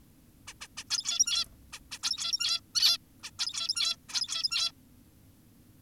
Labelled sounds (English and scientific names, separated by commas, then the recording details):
Zebra Finch (Taeniopygia guttata)
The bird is an adult
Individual g17y2U